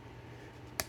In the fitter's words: and it snaps into place and then the handles just a little different shade